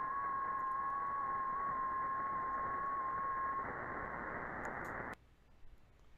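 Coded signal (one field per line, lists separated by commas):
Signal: FT8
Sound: radio hiss with faint steady warbling tones, abruptly cut off after five seconds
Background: radio static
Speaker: so this is w 9 ly demonstrating the ft 8 arm client from k 1 JT say new protocol between t 9 a.m. and K 1 JT that runs in 15 second windows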